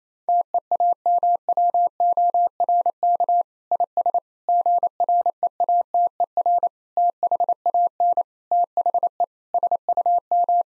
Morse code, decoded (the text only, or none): TEAMWORK IS GREATER THAN THE SUM